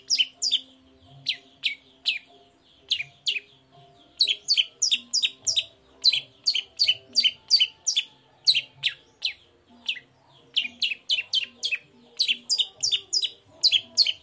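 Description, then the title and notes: Long-tailed shrike song: harsh, rasping notes repeated rapidly in bursts, some paired, with brief pauses. Bird singing in the morning with varied 'toet toet' notes, used as a lure to provoke other long-tailed shrikes into answering and singing along. "Langsung NYAUTTTTT ! Cendet Gacor Dor Di Kala Pagi Toet Toet Variasi Suara. Pancingan Emosi Cendet Gacor Full Variasi Toet Toet Bikin Nyaut Cendet Lain Langsung Ikutan Bunyi. Burung cendet"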